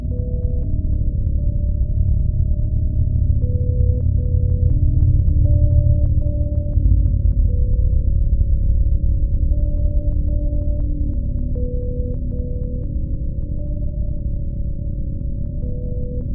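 A generated synthetic tone plays, a dense low drone packed below about 500 with a wavering upper line sitting on top. Short ticks and clicks pepper it throughout, and the level holds steady for the whole sixteen seconds, ringing somewhat like a singing bowl.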